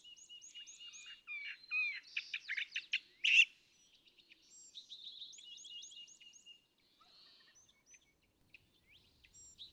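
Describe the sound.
California thrasher song, a run of varied chattering and whistled phrases, some notes repeated in quick series, with a loud harsh burst about a third of the way through and quieter phrases after.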